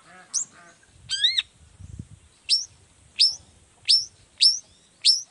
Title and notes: Cendet Gacor Dor Di Kala Pagi Toet Toet Variasi Suara. Burung cendet